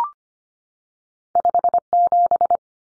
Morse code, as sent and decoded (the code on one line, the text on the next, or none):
..... --...
57